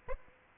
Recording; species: mosquito wingbeat signal from an infrared sensor; Aedes aegypti